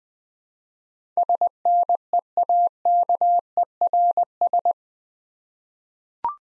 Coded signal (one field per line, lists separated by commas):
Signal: Morse code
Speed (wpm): 20 wpm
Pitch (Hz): 700 Hz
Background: none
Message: SNEAKERS